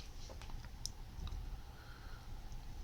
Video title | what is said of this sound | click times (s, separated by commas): The BattleYak: The full build of a foam fishing kayak | um and just slips under locks in place | 0.9 s